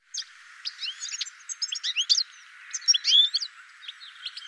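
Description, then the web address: Bird calls: a series of sharp, high chirps and short upslurred notes in quick irregular bursts, against a faint steady hiss. "cianscape birddata"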